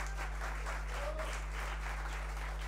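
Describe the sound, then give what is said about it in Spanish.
A crowd applauds steadily for musicians and payadores at a university event, a dense patter of many hands clapping at an even level throughout, with a low constant hum underneath and no one speaking. “También nos acompañan, aplausos para ellos. Un aplauso, por favor.”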